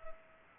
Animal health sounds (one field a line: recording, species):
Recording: mosquito wingbeat signal from an infrared sensor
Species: Culex pipiens